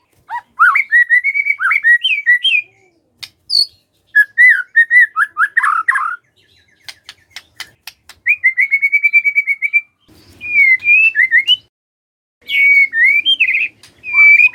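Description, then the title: White-rumped shama song: energetic whistled and slurred phrases in bursts, a rapid pulsed trill, and quick clicking notes between bouts. Lure to prompt lazy white-rumped shamas to sing. "PANCINGAN MURAI BATU. SIULAN MURAI BATU❗ PANCINGAN MURAI MALAS AGAR BUNYI❗❗"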